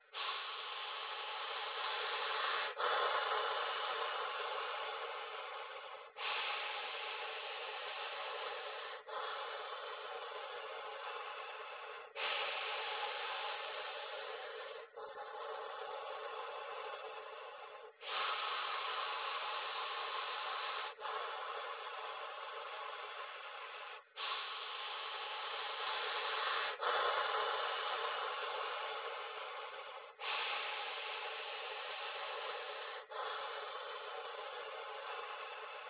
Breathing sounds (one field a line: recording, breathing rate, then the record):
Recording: paced breathing near a phone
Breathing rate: 10 breaths a minute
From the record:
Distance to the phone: 20 cm